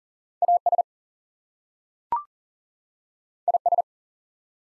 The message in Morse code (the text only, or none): AS IS